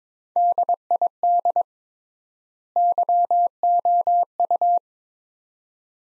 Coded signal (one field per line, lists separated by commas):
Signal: Morse code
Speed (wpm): 22 wpm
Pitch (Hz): 700 Hz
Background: none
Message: DID YOU